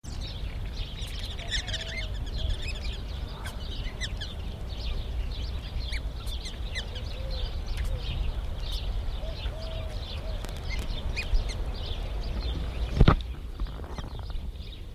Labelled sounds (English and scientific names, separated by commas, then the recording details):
Black-bellied Whistling Duck (Dendrocygna autumnalis) call
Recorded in captivity
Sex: group
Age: adult
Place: Tierpark Berlin, Berlin, DE
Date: 1978-04-10 13:15
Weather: sunny, 14°C
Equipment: Uher 4200 Report Stereo, Sennheiser MD 421 HL, Verstärker
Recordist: Tembrock, Günter